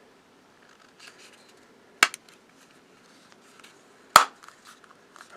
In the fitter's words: that worked. Popped into place. I do like the feel of that.